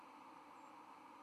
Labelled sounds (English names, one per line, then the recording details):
White-throated Sparrow flight call
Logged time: 04:38 on 31 October 2014